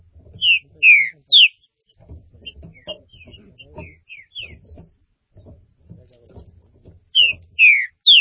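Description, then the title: Green-winged saltator song: short phrases of three loud, clear, slurred whistled notes, repeated after gaps, with soft low thumps and rustling between. "Trinca Ferro"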